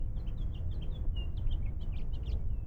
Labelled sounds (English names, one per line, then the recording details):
House Finch song
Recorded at Lawrence on Long Island, New York, on 4 June 1975
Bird C